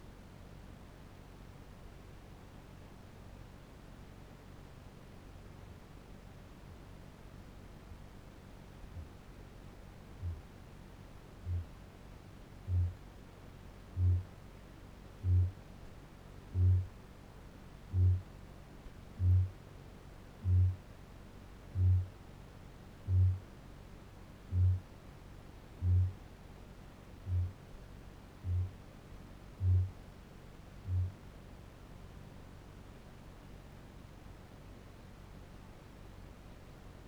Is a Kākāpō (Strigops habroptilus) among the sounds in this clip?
yes